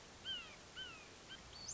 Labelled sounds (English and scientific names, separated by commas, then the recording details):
Red-shouldered Hawk (Buteo lineatus)
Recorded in Sonoma County, California